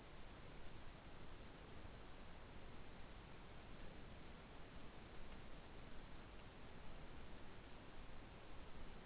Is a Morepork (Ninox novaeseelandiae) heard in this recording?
no